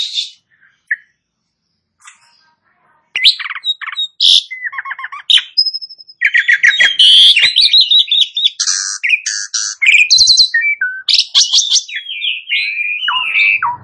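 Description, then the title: Asian pied starling song: after a quiet start, a long, busy stream of sharp chirps, buzzy trills and whistled slurs that rise and fall rapidly. Starts singing in less than a minute. "Belum Satu Menit Jalak Suren Langsung Bunyi"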